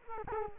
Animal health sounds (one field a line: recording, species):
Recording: mosquito wingbeat signal from an infrared sensor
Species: Culex quinquefasciatus